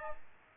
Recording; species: mosquito wingbeat signal from an infrared sensor; Aedes aegypti